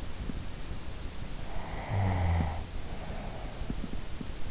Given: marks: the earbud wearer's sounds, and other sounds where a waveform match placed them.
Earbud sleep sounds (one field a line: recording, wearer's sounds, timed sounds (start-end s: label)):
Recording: sounds in sleep by an in-ear microphone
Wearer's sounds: snoring breath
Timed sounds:
1.63-3.99 s: snoring breath